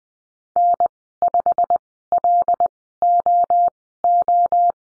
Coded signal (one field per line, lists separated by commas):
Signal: Morse code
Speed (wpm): 20 wpm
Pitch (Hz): 700 Hz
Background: none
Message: N5LOO